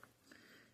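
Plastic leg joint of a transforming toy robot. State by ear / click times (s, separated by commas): not seated / none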